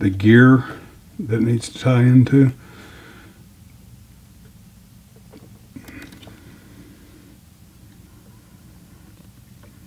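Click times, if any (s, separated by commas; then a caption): none. Someone talks briefly while handling the second metal timing drive part inside a Singer Heavy Duty Series sewing machine, pushing it over so it engages with the gear. After that there is only quiet handling noise, with a faint short knock near 5.9 s. Nothing has seated or clicked yet.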